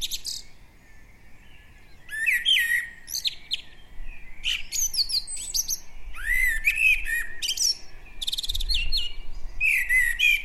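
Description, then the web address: Common blackbird twittering, a busy string of high squeaky chirps and slurred notes coming in rapid bursts, with faint low rumbles underneath. "SETE Turdus merula"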